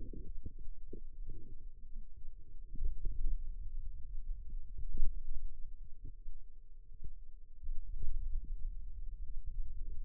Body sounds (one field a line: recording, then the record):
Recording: forearm muscle sounds (acoustic myography)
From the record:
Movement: hand opening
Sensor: system 2, bracelet of six BSWA MPA416 microphones around the upper forearm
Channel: 6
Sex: female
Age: 22 years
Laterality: right